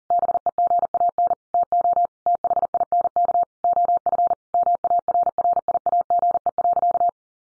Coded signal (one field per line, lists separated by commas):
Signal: Morse code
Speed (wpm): 40 wpm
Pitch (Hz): 700 Hz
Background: none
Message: BEGAN TO THINK OF MARRIAGE.